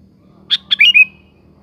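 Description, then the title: Sooty-headed bulbul song: two quick sharp notes followed by a bright slurred whistle that trails off, one short phrase. "Kutilang"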